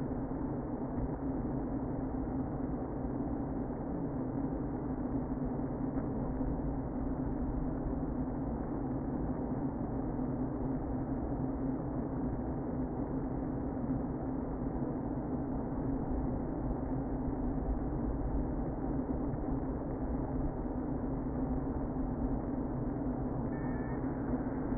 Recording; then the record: honeybee colony, microphone inside the hive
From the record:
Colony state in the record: queen present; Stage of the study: before two queens were removed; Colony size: about 60,000 bees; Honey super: yes